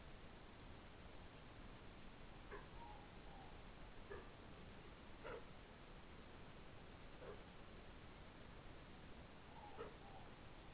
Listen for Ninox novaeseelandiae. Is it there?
yes